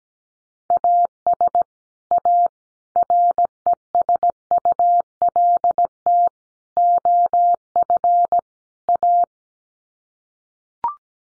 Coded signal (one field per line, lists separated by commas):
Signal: Morse code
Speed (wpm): 17 wpm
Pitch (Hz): 700 Hz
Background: none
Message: AS A RESULT OF A